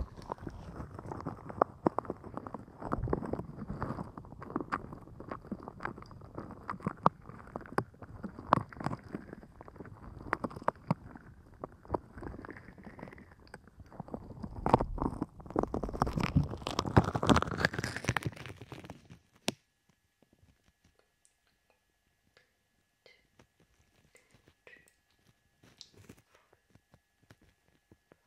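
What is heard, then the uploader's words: Gloved hands cup and rub over the ears, making a dense, muffled rumble full of crackly snaps and squeaks. Around the sixteenth second the rubbing grows louder and brighter, then it stops abruptly near nineteen seconds, leaving only faint scattered clicks. ASMR Ear Cupping with Gloves.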